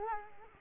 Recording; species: mosquito wingbeat signal from an infrared sensor; Culex quinquefasciatus